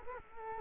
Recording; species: mosquito wingbeat signal from an infrared sensor; Culex quinquefasciatus